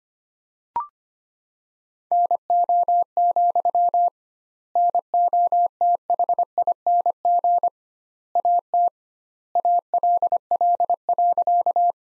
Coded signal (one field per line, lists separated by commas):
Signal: Morse code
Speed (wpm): 25 wpm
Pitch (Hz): 700 Hz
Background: none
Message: NO, NOTHING AT ALL.